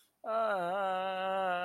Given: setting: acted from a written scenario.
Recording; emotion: vocal sound without words; pain